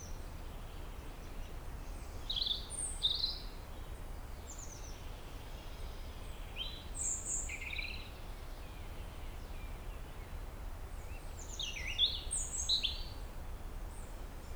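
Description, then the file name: European robin delivering varied high chirps and thin whistles in loose clusters, a few louder notes standing out, over continuous low-frequency rumble. "Erithacus rubecula"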